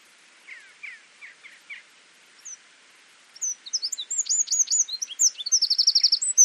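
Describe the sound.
Eurasian wren song: a few soft chirps, then a rapid, loud burst of high, tumbling notes ending in a fast rattling trill.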